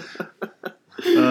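Three short, sharp cough bursts in quick succession from an adult man who is getting over a cough, then a louder sustained vocal sound.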